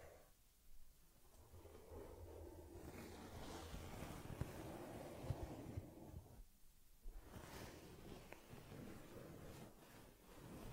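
Soft brushing and rubbing sounds from caring for a teddy bear, with fur combing and cleaning. The rustling runs nearly continuous and low, broken by brief quiet gaps near one and seven seconds, with a few small taps and scratchy strokes scattered throughout.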